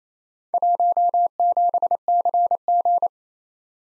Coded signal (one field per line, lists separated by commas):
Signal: Morse code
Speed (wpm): 32 wpm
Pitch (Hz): 700 Hz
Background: none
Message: 17CG